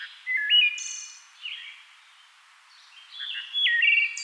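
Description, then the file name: Wood thrush song: a few clear, fluty phrases of stepped whistled notes with a ringing quality, separated by quieter gaps. "Wood Thrush - Hylocichla mustelina"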